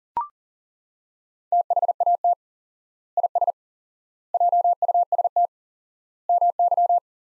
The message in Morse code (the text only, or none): THAT IS JUST MY